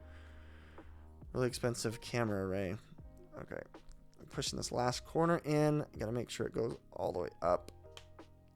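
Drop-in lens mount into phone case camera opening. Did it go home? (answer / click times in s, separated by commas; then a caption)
yes / 8.0 s. Someone talks over music while pushing the last corner of a drop-in lens mount into the camera opening of a Moment MagSafe case for an iPhone 14 Pro Max, making sure it goes all the way up. The mount clicks into place at 7.9 s, seated.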